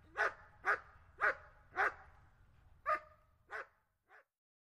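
German Shepherd dog giving seven loud barks, the first four evenly spaced, then a pause and three more, the last one softer.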